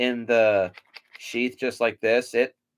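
A Cold Steel fixed-blade knife is handled at its tactical sheath, which has a belt snap, as someone talks. Nothing has seated or clicked yet; the clip ends just before the knife snaps into the sheath.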